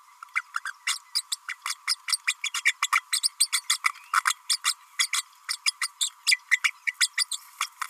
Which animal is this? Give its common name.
Green-rumped Parrotlet